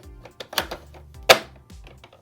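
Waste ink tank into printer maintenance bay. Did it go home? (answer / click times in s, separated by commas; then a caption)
no / none. A replacement plastic waste ink tank (maintenance box) is handled and slid toward its bay in an Epson EcoTank inkjet printer, with music playing underneath. Short knocks and thuds sound at about 0.4, 0.5, 0.6 and 0.7 s, with a louder, brighter hit near 1.3 s. Nothing has seated or clicked yet.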